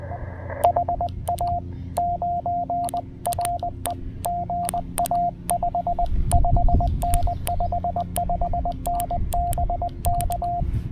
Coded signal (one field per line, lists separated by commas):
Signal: Morse code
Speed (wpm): 23 wpm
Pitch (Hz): 700 Hz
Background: radio noise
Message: E HA 9 RE GA 55N 55N BK